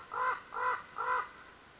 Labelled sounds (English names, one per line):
Common Raven